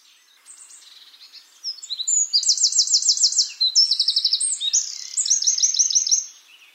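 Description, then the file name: Eurasian wren song, opening with soft high notes before breaking into loud rapid trills and ringing rattles lasting around four and a half seconds. "Troglodytes troglodytes"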